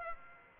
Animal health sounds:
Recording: mosquito wingbeat signal from an infrared sensor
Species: Aedes aegypti

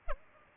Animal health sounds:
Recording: mosquito wingbeat signal from an infrared sensor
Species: Aedes albopictus

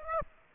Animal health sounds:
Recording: mosquito wingbeat signal from an infrared sensor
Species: Aedes aegypti

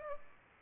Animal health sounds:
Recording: mosquito wingbeat signal from an infrared sensor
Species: Culex pipiens

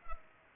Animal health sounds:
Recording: mosquito wingbeat signal from an infrared sensor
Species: Culex pipiens

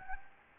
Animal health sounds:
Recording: mosquito wingbeat signal from an infrared sensor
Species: Anopheles gambiae

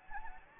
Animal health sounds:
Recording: mosquito wingbeat signal from an infrared sensor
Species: Anopheles gambiae

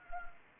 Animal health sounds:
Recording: mosquito wingbeat signal from an infrared sensor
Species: Anopheles arabiensis

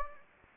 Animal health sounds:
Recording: mosquito wingbeat signal from an infrared sensor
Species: Anopheles gambiae

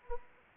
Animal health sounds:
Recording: mosquito wingbeat signal from an infrared sensor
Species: Anopheles arabiensis

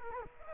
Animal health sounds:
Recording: mosquito wingbeat signal from an infrared sensor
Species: Culex quinquefasciatus

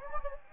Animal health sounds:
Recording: mosquito wingbeat signal from an infrared sensor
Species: Anopheles gambiae

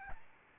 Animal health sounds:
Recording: mosquito wingbeat signal from an infrared sensor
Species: Aedes albopictus

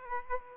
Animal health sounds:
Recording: mosquito wingbeat signal from an infrared sensor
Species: Aedes aegypti

